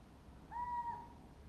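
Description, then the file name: Little owl uttering one clear, even, plaintive note lasting roughly half a second, level in pitch, against quiet background noise. "athene noctua"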